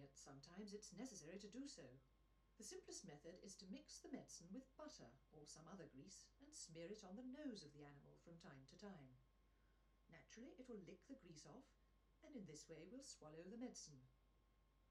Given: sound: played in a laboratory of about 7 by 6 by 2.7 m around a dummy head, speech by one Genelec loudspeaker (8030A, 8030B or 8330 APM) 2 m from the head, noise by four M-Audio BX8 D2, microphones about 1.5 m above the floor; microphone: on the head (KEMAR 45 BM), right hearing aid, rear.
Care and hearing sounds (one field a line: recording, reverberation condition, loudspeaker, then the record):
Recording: female speech in English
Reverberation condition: low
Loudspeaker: in front (0 degrees)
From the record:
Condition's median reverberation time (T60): about 310 ms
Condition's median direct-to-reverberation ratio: about 3.5 dB